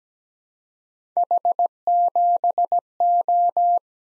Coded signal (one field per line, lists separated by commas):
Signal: Morse code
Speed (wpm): 17 wpm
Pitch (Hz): 700 Hz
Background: none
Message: H7O